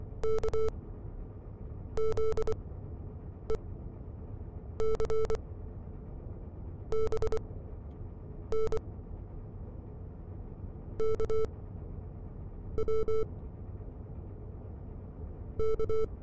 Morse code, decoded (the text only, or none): KZECBNKWK